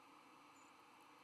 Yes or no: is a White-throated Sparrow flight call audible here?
no